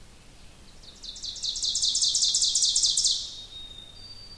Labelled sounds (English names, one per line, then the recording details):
Ovenbird song
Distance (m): 20 m
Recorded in boreal forest in Alberta, Canada, on 2 June 2016 at 06:08
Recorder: SongMeter 3, array SBT-3-7
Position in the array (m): 193 m, 4 m
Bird 6